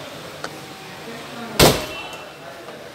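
A 2020 Tata Tiago XZ Plus Dual Tone (red) hatchback's boot lid is closed, and its latch catches into the boot striker with a loud slam at 1.6 s, locking automatically as it shuts. A smaller tap sounds at 0.4 s before the slam, and nobody talks in the clip.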